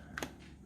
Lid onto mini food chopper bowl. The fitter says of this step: until it kind of clicks.